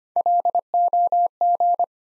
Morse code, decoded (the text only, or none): LOG